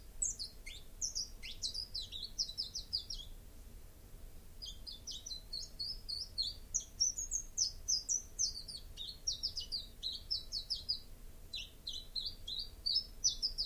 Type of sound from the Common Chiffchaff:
song